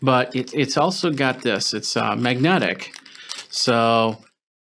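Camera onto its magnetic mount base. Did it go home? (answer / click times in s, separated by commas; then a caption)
no / none. A small camera is being handled as it is brought toward its magnetic mount base, while someone talks throughout. The camera has not yet clicked onto the mount, and nothing has seated.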